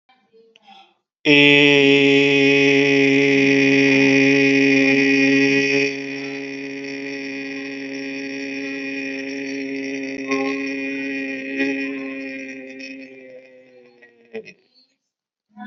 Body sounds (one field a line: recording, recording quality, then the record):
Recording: sustained vowel as in made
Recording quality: excellent, no background noise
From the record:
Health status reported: respiratory illness, not identified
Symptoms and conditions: asthma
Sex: male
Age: 48 years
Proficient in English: yes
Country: India